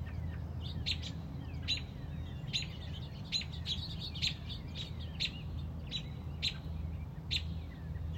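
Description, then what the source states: Robin calls: loud sharp chips roughly every second mixed with softer thin squeaks, against continuous low rumbling noise. Mother robin protecting a newly hatched chick on a front porch.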